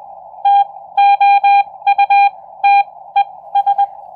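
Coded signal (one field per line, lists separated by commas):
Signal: Morse code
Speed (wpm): 19 wpm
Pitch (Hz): 800 Hz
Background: none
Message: TOUTES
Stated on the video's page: CW sent by typing and decoded on a Xiegu X6200 transceiver in a demonstration.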